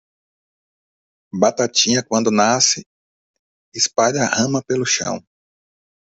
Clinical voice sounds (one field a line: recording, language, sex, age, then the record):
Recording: short text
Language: Brazilian Portuguese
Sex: male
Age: 40 to 49 years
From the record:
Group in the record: control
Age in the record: 47 years